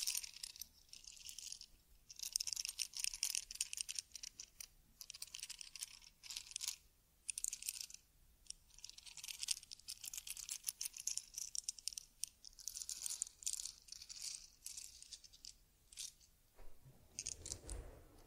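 Teddy-bear grooming sounds: bursts of bright, crisp brushing and scratching come in quick irregular strokes, with a low soft thump near the end.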